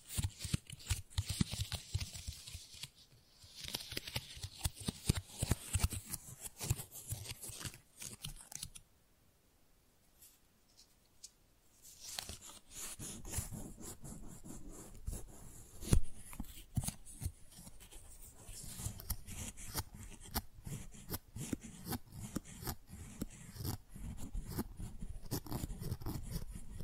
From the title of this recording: Tingly Flower Sounds